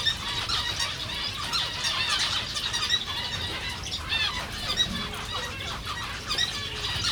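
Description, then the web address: Zebra finch calls: a dense chorus of short nasal, tooting chirps overlapping continuously throughout, with a low background rumble. Recorded at Jászberény Zoo in 2015. "allathangok jaszberenyizoo 2015 professzionalis zebrapinty zebrapinty rizspinty"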